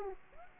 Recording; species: mosquito wingbeat signal from an infrared sensor; Aedes aegypti